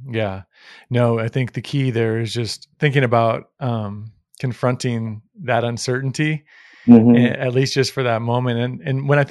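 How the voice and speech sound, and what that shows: A man speaks fluently at a relaxed pace with brief pauses and a steady, clear voice; ordinary speech.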